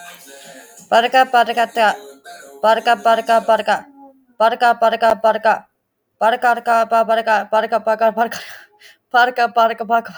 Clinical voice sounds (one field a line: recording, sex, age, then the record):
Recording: repeated syllables /pa ta ka/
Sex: female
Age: 30 to 39 years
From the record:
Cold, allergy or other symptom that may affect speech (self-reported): no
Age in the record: 34 years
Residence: Texas, United States